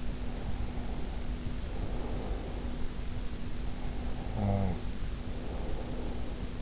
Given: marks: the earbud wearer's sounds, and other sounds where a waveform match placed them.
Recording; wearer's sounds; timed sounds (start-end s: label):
sounds in sleep by an in-ear microphone; breath, snoring breath
0.00-3.11 s: breath
3.68-6.56 s: snoring breath